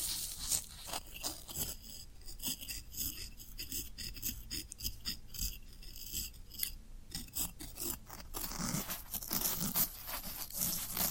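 Floral foam being rubbed and scraped, a dense, crackly crunching that runs throughout and grows busier and brighter in the last few seconds.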